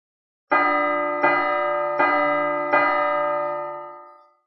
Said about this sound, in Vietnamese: Liên tục 4 tiếng chuông, thêm vào 2 tiếng trước, tổng cộng là 6 tiếng. Thanh âm mang theo tang thương, năm tháng xa xưa như hợp thành từng tiếng chấn động tinh thần.